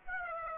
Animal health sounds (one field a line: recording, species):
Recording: mosquito wingbeat signal from an infrared sensor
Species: Aedes aegypti